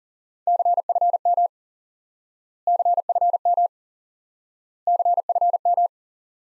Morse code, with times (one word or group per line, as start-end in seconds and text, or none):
0.5-1.5 CFM
2.7-3.7 CFM
4.9-5.9 CFM